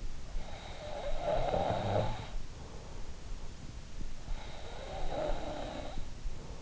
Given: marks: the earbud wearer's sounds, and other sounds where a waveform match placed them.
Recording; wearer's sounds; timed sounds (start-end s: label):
sounds in sleep by an in-ear microphone; snoring breath, breath
0.34-2.74 s: snoring breath
4.23-6.62 s: breath